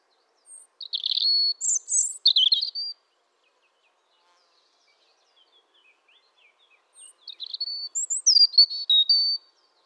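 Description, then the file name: European robin song: two short phrases of thin, high, varied warbling and twittering notes, each about two to three seconds long, separated by a pause of roughly four seconds. "Erithacus rubecula"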